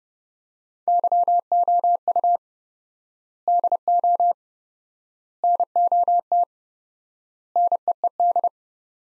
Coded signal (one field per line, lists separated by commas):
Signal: Morse code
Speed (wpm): 32 wpm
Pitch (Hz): 700 Hz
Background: none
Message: YOU DO NOT NEED